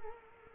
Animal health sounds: mosquito wingbeat signal from an infrared sensor; Culex quinquefasciatus

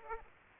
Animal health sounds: mosquito wingbeat signal from an infrared sensor; Aedes aegypti

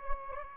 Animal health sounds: mosquito wingbeat signal from an infrared sensor; Anopheles gambiae

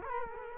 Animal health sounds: mosquito wingbeat signal from an infrared sensor; Culex quinquefasciatus

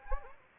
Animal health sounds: mosquito wingbeat signal from an infrared sensor; Anopheles gambiae

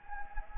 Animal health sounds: mosquito wingbeat signal from an infrared sensor; Anopheles gambiae

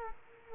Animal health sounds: mosquito wingbeat signal from an infrared sensor; Culex quinquefasciatus

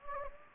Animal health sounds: mosquito wingbeat signal from an infrared sensor; Anopheles gambiae

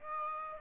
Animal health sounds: mosquito wingbeat signal from an infrared sensor; Aedes aegypti

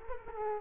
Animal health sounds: mosquito wingbeat signal from an infrared sensor; Culex quinquefasciatus

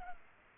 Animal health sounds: mosquito wingbeat signal from an infrared sensor; Culex pipiens

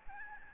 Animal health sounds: mosquito wingbeat signal from an infrared sensor; Aedes albopictus

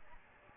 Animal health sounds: mosquito wingbeat signal from an infrared sensor; Aedes albopictus

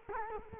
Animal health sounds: mosquito wingbeat signal from an infrared sensor; Culex quinquefasciatus

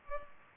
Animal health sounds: mosquito wingbeat signal from an infrared sensor; Culex pipiens

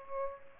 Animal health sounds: mosquito wingbeat signal from an infrared sensor; Aedes aegypti

